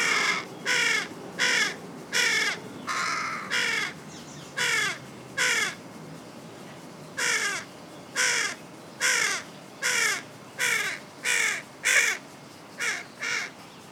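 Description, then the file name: Carrion crow giving a long run of many harsh, grating caws, with one longer gap midway. "Corvus corone"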